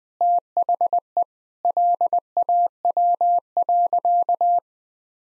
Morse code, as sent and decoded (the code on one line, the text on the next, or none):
- .... . / .-.. .- .-- .-.-.-
THE LAW.